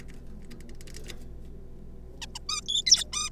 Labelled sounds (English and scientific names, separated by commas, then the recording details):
Zebra Finch (Taeniopygia guttata)
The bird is a juvenile
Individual R3549